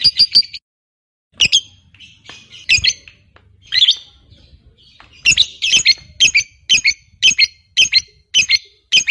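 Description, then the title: Lovebird chirps, harsh high squeaks in scattered bursts, then a steady series of sharp notes. Fighter-type lovebird. "Suara Lovebird FIGHTER NGEKEK PANJANG"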